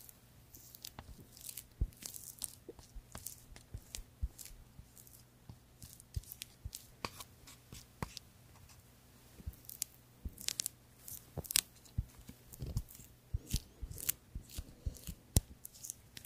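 Creamy products are worked and massaged in a dense, irregular run of short wet clicks, snaps and squishes that keep coming every fraction of a second for the whole stretch. A low, steady hum sits underneath throughout.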